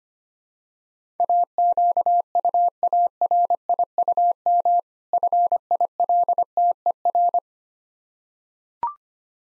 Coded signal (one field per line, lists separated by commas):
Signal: Morse code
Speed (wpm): 25 wpm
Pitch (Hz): 700 Hz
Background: none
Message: AQUARIUM FILTER